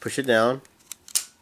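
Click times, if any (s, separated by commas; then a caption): 1.2 s. Someone talks, then pushes a 2014 Giant Head Droppin' Raphael action figure's spring-loaded head and neck down into its plastic launcher body. A few small clicks are followed by a sharp click at 1.2 s as the launch mechanism catches and the head latches down, ready to launch.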